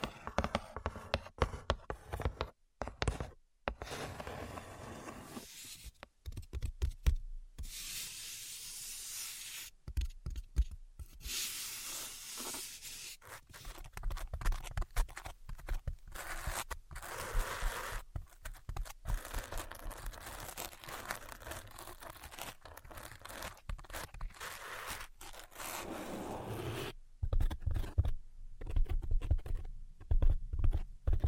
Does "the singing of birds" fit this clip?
no